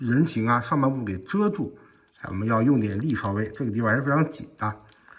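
Someone talks while pressing the tight plastic backpack shell of a Takara Tomy Transformers United EX01 Combat Master Prime robot toy over its pivot so it will clip around the upper body, which takes some force. Only speech and faint handling are heard. Nothing has seated or clicked yet.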